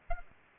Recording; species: mosquito wingbeat signal from an infrared sensor; Aedes aegypti